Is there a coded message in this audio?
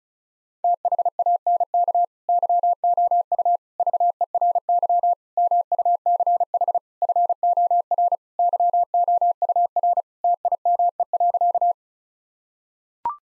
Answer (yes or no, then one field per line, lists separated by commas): yes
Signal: Morse code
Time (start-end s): 0.6-11.7 s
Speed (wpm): 36 wpm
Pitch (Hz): 700 Hz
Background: none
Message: THANK YOU VERY MUCH FOR YOUR TIME.